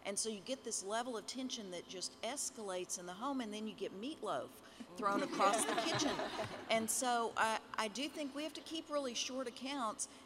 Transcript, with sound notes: So you get this level of tension that just escalates in the home, and then you get meatloaf thrown across the kitchen. (laugher) So I do think we have to keep really short accounts.